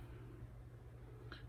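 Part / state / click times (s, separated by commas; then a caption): blade in a strop razor head / partly seated / 1.3 s. A bowed blade in a strop razor head is closed and locked into a safety razor, and a short, faint click sounds at 1.3 s over a steady low hum. The blade locks in place, but not properly.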